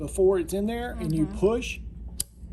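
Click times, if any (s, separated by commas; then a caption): 2.2 s. Someone talks, then a sharp snap at 2.2 s as the metal bobbin case, pushed with its latch let go and the lever in, seats onto the rotary hook of a Juki DNU-1541 industrial sewing machine. The bobbin case is seated; the snap is only heard when the lever is in, not out.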